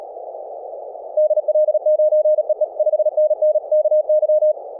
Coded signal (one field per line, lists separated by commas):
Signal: Morse code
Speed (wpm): 37 wpm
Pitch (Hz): 620 Hz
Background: none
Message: DL9EE 5NN KY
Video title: dx calls practice